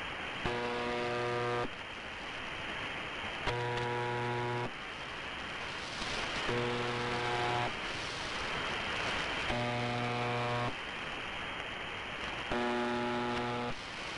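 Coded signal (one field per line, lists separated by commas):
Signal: channel marker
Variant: UVB-76 (The Buzzer)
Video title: More MDZhB-UVB-76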